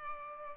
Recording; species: mosquito wingbeat signal from an infrared sensor; Culex pipiens